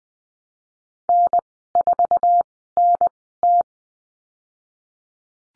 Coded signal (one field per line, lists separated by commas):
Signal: Morse code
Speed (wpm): 20 wpm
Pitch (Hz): 700 Hz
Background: none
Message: N4NT